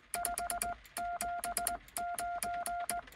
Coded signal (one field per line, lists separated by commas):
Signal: Morse code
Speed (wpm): 19 wpm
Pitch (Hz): 700 Hz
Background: none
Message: 579